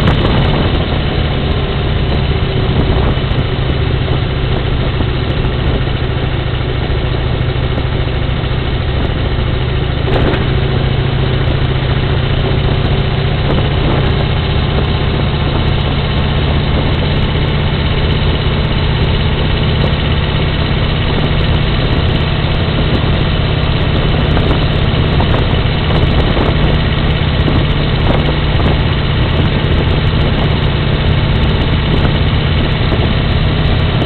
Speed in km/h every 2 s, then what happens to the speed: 48, 46, 43, 43, 40, 41, 43, 46, 46, 46, 47, 47, 48, 48, 48, 48, 48.
0-8 slows to 40. 8-13 speeds up to 46. 13-34 steady at about 47.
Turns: none.